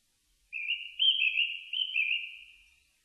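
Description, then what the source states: Japanese thrush singing one fluty phrase of several quick whistled notes, slightly wavering in pitch, fading away in otherwise silent surroundings. Recorded on 4 May 2001.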